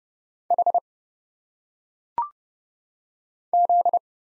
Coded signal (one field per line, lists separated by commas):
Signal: Morse code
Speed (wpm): 30 wpm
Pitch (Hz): 700 Hz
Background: none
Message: H Z